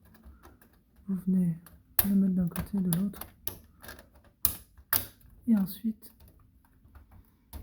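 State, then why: Seated. A plastic cover is placed on one side and then the other of a Klim Wind laptop cooler's fan housing while someone talks, with light plastic taps and handling clicks between the words. The cover is then pressed down and its plastic clips snap into the cooler's frame with a sharp click at 7.5 s, seating the cover in place by itself.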